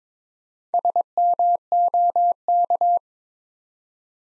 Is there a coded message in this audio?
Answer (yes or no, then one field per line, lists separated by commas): yes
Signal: Morse code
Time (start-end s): 0.7-3.0 s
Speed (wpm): 22 wpm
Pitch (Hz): 700 Hz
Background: none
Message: SMOK